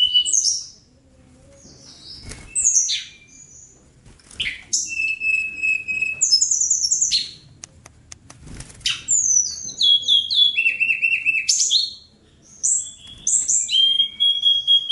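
Bird song of high, varied phrases: clear whistled notes, trilled runs and sharp chips, broken by brief silences between bursts.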